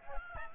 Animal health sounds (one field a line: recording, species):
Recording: mosquito wingbeat signal from an infrared sensor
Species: Aedes albopictus